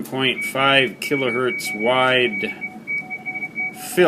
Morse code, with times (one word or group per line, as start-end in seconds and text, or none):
0.4-0.9 TU
1.0-2.7 W9RE
2.9-3.7 TEST